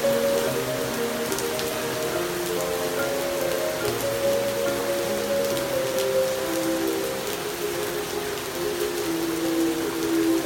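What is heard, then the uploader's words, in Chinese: Rain falls outside in a steady, dense patter that fills the whole clip at an even level, with occasional sharper drops standing out. Underneath, music plays throughout, its sustained tones shifting slowly in the low and middle range. 基督仁愛之家外面的雨聲加上音樂聲。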